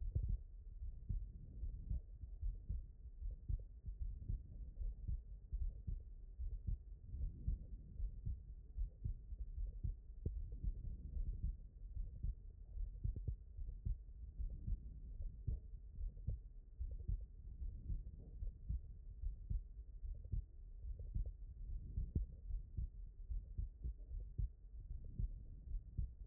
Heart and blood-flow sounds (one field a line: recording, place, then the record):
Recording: heart sounds by stethoscope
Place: pulmonary valve (PV)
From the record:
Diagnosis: non-HFrEF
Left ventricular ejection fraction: 59%